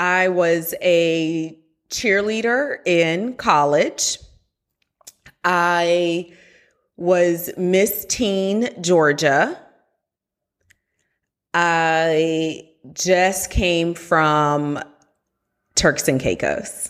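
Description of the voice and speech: A woman speaks clearly and fluently in an ordinary voice, making three short statements with playful drawn-out pauses between and within them, as in a two-truths-and-a-lie icebreaker game.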